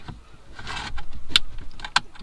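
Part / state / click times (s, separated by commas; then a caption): engine control unit into its mounting compartment / seated / 1.4 s, 2.0 s. The remapped engine control unit of a 1.4 TDI Audi A2 is slid back into its plastic compartment in the car, with soft scraping and rustling as it goes in. Sharp, small clicks at 1.4 s and 2.0 s mark it latching, and it is seated securely.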